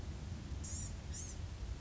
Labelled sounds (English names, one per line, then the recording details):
Blue-gray Gnatcatcher
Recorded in Sonoma County, California